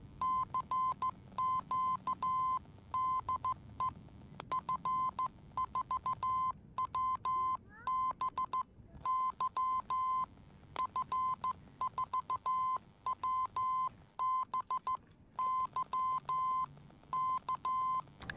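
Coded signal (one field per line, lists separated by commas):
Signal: Morse code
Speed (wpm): 14 wpm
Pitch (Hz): 1030 Hz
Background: none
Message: CQ DE F4WBY F4WBY K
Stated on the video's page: Morse from a one-watt crystal-controlled FOXX-3 kit transceiver with sidetone and slight frequency adjustment.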